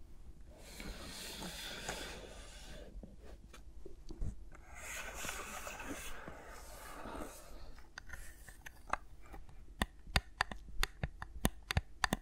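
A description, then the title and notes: ASMR sounds from microphones worn around the fingers: for the first eight seconds, soft continuous rubbing and scratchy rasping swell and fade in waves. After that the rubbing thins out into sharp clicks and taps, which grow louder and come quicker toward the end. ASMR with Mics Around My Fingers (No Talking).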